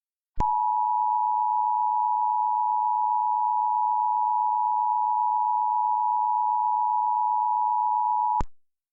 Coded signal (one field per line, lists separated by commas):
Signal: Emergency Alert System (SAME) tones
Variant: 853 and 960 Hz attention tone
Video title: TOR in NY??!??? - EAS Recreation